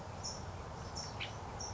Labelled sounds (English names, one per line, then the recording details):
California Towhee
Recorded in Sonoma County, California